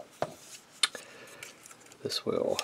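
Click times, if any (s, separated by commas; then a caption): none. A plastic part of a Big Firebird Kalavinka transforming figure is repeatedly rotated and pushed toward its locking position on the body, giving sharp plastic knocks at about 0.2 s and 0.8 s, with softer handling sounds and someone talking. Nothing has seated or clicked yet, because the part is rotated the wrong way.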